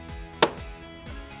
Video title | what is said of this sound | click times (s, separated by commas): Guide Crucial : installer et utiliser le T500 de Crucial dans votre PS5™ | the opposite direction we did to remove and then you will be able to hear it click into place | 0.4 s